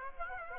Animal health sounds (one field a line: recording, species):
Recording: mosquito wingbeat signal from an infrared sensor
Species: Aedes aegypti